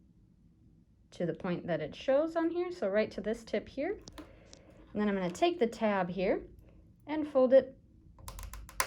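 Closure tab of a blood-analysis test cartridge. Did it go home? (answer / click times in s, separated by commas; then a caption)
yes / 8.8 s. Someone talks while the cartridge of a point-of-care blood-analysis test is filled with sample, then the plastic closure tab is folded over and pressed. A short run of small sharp ticks leads into a loud snap at 8.8 s as the tab clicks shut and seats.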